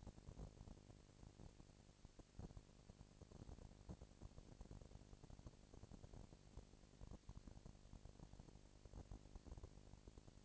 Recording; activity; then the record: daily activity, microphone in the room; no activity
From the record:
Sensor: 5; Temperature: 19.8 degrees Celsius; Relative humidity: 36.7%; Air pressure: 997.2 hPa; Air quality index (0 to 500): 169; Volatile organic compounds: 14 ppm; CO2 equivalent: 2444 ppm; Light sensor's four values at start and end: 2/3/1/1 and 2/3/1/1